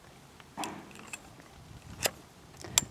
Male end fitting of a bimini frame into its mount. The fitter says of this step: and make sure it clicks in like that